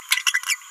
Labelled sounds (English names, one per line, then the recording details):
Green-rumped Parrotlet babbling
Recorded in a nest box in Venezuela
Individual 18B17A3